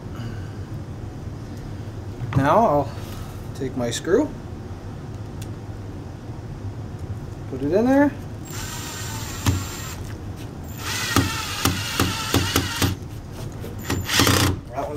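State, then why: Stripped. A wood screw is driven with a power drill into a wooden bow kit part while someone talks, the drill whirring in two bursts with sharp clicks at 11.2, 11.7, 12.0, 12.3 and 12.6 seconds. The screw strips out the hole in the wood a little, suggesting a larger bit may be needed.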